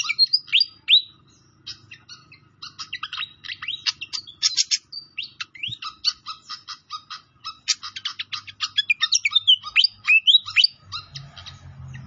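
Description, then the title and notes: Pied fantail song: a fast, lively chatter of high clicks and short whistled slurs, running almost continuously. Training song (masteran) with a clear voice, mixed with the sound of trickling water. "Masteran Sikatan Kipas Suara Jernih Dan Suara Gemericik Air. Suara Burung Sikatan Londo"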